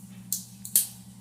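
A pre-cut plastic battery-side accessory is clipped onto a metal GoPro Hero 10 action-camera cage. Two sharp clicks are heard at 0.3 s and 0.8 s, with a faint tick at 0.7 s. The accessory seats in place with the two clicks.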